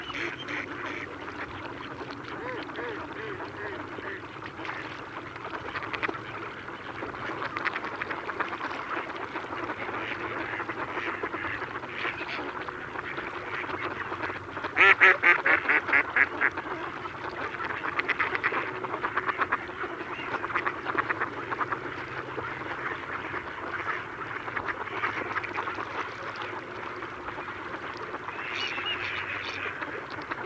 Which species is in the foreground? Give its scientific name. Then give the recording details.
Anas platyrhynchos. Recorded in the wild. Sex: male. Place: Putbus, Insel Rügen, Mecklenburg-Vorpommern, DE. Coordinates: 54.336, 13.464. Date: 1980-02-24. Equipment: Nagra III BH, Sennheiser MD 21, parabola. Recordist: Schubert, Michael. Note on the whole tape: Große Schar Stockenten, bunte Ruf-Mischung